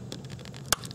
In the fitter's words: you hear that so push down to a clicks and then pull on the body